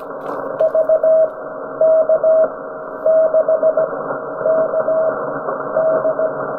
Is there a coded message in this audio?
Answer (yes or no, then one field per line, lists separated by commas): yes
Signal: Morse code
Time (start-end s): 0.6-6.3 s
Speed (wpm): 17 wpm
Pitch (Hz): 640 Hz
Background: radio noise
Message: VK6KD